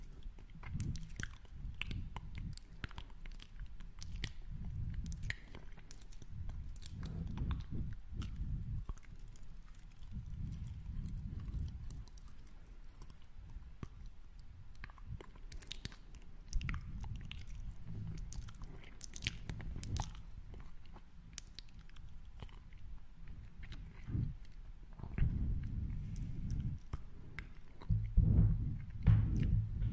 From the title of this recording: Mouth Sounds